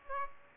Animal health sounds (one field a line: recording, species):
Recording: mosquito wingbeat signal from an infrared sensor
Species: Aedes aegypti